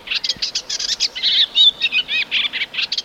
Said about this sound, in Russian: Она реально очень много орёт. Так очень как-то недовольна на все. Это была бледная пересмешка, буквально, или большая бормотушка.